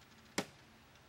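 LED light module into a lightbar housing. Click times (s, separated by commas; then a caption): 0.4 s. After its wiring harness is plugged in and the wiring is tucked into the housing, a plastic LED module is pressed into a Whelen Liberty lightbar housing. A single sharp, bright click at 0.4 s stands out over a quiet background. The module snaps into place and is seated.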